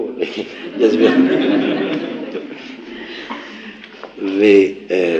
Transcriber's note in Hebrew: צחוק